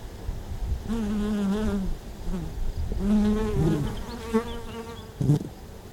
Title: Sylvain Jaskowiak - Animus. Abeilles domestiques - Buoux, Vaucluse - mai 2001